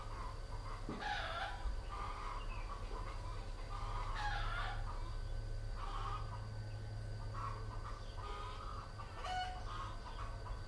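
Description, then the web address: Chickens clucking in short repeated bursts, several birds calling over one another, with a steady low hum underneath. Chickens recorded in Vietnam in 2019 while travelling. "travelogue 2019 Vietnam 02 Chickens"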